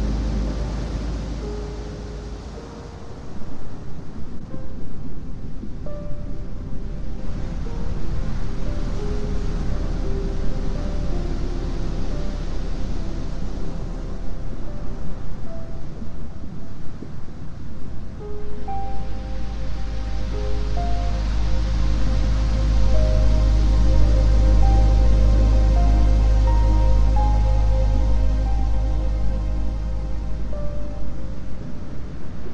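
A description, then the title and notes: Calm piano plays single soft notes and short phrases in the middle register, steady and unhurried throughout. Beneath it, a dense low rush of ocean waves swells, growing heavier and rumbling from about eighteen seconds on, with a brief quieter dip near three seconds. Calm Music with Gentle Ocean, Sounds, Calm Piano Music, and Ocean Waves.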